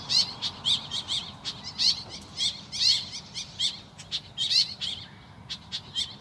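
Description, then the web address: Woodswallow calls: short, harsh chirps repeated irregularly. "animal-sound woodswallow-sound"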